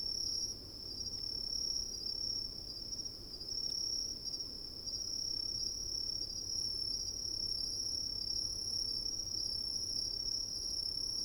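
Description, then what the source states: Crickets keep up an unbroken high-pitched trill throughout, steady in pitch, with a gentle low rush of wind underneath. Coniferous forest at night with soft wind.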